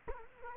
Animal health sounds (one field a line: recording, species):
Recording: mosquito wingbeat signal from an infrared sensor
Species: Culex quinquefasciatus